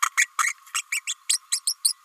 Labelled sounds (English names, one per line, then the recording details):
Green-rumped Parrotlet babbling
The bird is a female
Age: 29 days
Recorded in a nest box in Venezuela
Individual 17B32A5